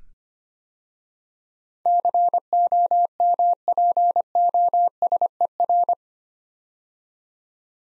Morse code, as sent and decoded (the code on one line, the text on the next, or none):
-.-. --- -- .--. --- ... . .-.
COMPOSER